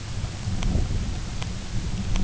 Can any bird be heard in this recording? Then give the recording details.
no. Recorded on Arctic tundra, site UTQI-0, on 20 June 2018. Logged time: 14:00